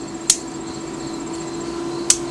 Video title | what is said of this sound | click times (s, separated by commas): iGear Mini Warriors MW-01 Spray | swing that back to you, hear that nice little click. | 0.3 s